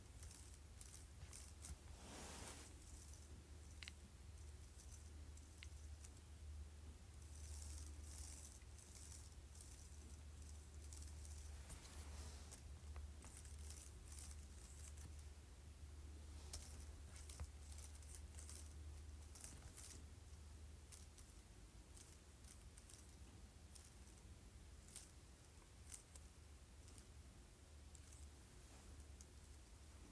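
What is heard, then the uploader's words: Fingers run lightly across a keyboard, making soft, brushing clicks that come in loose clusters. The clicks are thin and bright, with denser bursts near the start, around eight and twelve seconds, and again around seventeen. A steady low hum runs underneath almost the whole time. ASMR Running Fingers Across Keyboard Lightly.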